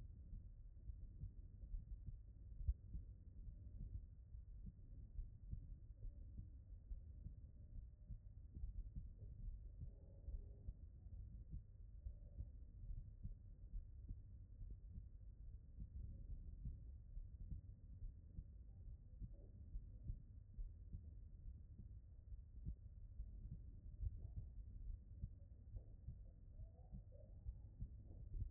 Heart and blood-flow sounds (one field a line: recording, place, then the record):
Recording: heart sounds by stethoscope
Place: aortic valve (AV)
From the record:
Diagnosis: non-HFrEF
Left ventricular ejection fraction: 44%